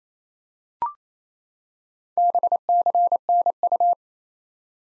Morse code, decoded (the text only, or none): BCNU